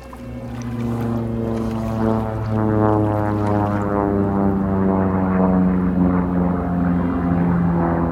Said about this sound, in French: Des avions de combat se rapprochent.